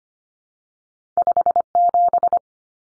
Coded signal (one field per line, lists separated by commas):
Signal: Morse code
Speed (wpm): 25 wpm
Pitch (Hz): 700 Hz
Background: none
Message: 57